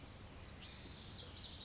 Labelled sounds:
Pacific Wren (Troglodytes pacificus)

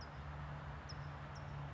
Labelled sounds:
California Towhee (Melozone crissalis)

